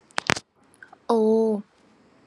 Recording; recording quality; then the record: sustained vowel as in boot; excellent, no background noise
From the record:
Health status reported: COVID-19 positive, no symptoms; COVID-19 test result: positive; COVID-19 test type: RT-PCR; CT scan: not taken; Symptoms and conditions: none ticked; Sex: female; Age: 25 years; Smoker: no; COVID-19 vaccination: both doses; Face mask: not worn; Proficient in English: yes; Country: India